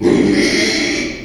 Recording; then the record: squeal of a Yucatan mini pig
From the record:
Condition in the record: after surgery on the right vocal fold (resection and tissue-engineered implant); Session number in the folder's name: 2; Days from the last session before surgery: 13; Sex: male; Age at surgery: 12 weeks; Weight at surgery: 13 kg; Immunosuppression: cyclosporine, prednisolone